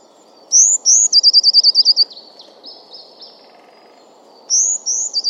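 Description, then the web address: Bird calling with thin, high upslurred whistles, then a rapid even trill of sharp notes, a few softer notes, and more whistles at the end over steady low background noise. "Deverinetal 2025. Bird Only"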